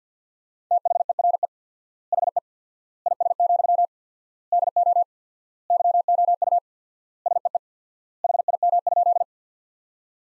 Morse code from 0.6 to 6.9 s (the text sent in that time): THERE HE IS, DO YOU